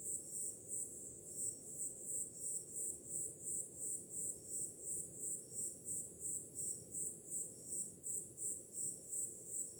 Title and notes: Som do mar ao fundo, grilos e cigarras em uma noite de verão – Ocean, crickets and cicadas in a summer night